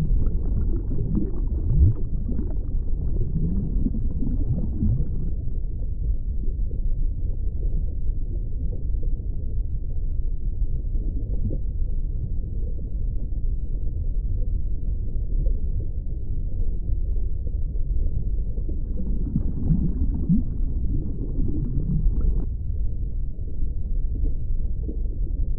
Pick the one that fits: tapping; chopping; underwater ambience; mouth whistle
underwater ambience